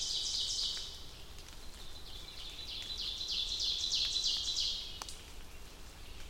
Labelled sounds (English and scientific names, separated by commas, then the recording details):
Ovenbird (Seiurus aurocapilla) song
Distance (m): 45 m
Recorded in boreal forest in Alberta, Canada, on 2 June 2016 at 08:24
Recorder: SongMeter 3, array SBT-3-7
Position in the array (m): 70 m, 96 m
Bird 5